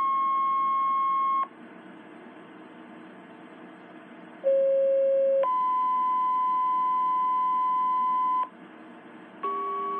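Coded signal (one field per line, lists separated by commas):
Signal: two-tone page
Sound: steady tone, pause, then a 1-second low tone followed by a 3-second higher tone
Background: radio hiss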